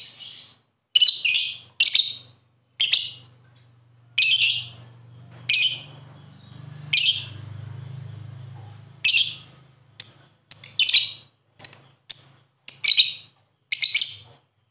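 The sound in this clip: Bird song of harsh buzzy high notes in irregular groups, with sharper chirps near the end and a low hum in the middle.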